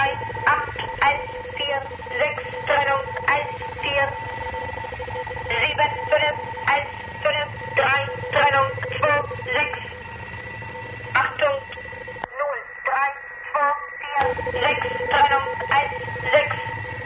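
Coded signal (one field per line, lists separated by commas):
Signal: numbers station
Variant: Gong Station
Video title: The Conet Project - Gong Station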